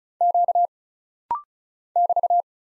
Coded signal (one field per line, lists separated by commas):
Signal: Morse code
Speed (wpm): 36 wpm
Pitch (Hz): 700 Hz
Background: none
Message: Q <BT>